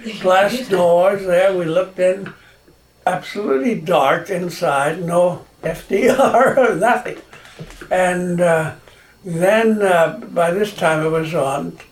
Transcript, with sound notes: glass doors there, we looked in — absolutely dark inside, no FDR... nothing. [laughing] And then by this time it was at